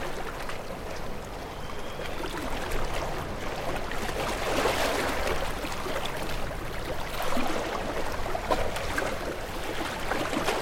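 Waves washing against rocks make a dense, continuous rushing and churning that never drops away. The wash swells a little around four to five seconds and again near seven to eight, with small splashes and gurgles scattered through a steady low rumble.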